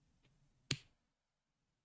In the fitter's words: There was the little click as it went in.